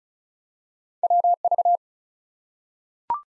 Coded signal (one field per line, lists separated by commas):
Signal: Morse code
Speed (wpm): 36 wpm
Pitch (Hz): 700 Hz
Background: none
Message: WV